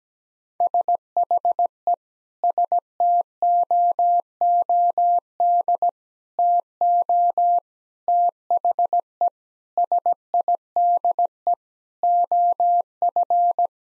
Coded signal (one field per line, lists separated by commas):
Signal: Morse code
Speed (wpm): 17 wpm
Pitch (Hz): 700 Hz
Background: none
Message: SHE STOOD TO THE SIDE OF